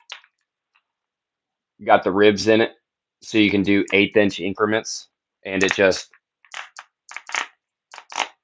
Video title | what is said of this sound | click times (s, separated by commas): Live now! My first live stream! Let’s talk guns! | I don't know if you can hear that, but it locks in place. | 7.2 s, 7.4 s, 8.2 s